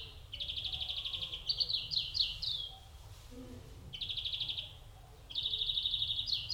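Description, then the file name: European greenfinch singing rapid, ringing trills of repeated notes, some running into quick rising buzzy phrases, with brief pauses between bursts and a faint low hum beneath. "Chloris chloris"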